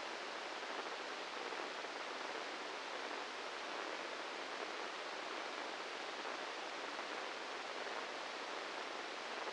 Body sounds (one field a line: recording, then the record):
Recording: brain microelectrode recording played as sound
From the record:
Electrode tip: inside the subthalamic nucleus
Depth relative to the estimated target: -3 mm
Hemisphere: right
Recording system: NeuroSet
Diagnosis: Parkinson's disease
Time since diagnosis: 13 years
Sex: male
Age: 66 years